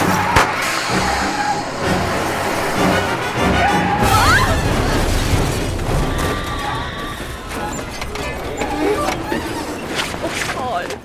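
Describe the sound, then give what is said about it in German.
A loud, sustained car crash: dense crunching and scraping noise that churns on for about eleven seconds, with sharp metallic whacks and squeals rising out of the roar. “Was für ein furchtbarer Unfall.”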